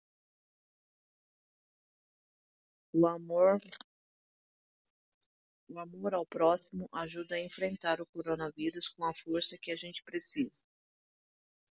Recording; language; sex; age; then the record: spoken sentence; Brazilian Portuguese; female; 60 to 69 years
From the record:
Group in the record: control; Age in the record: 60 years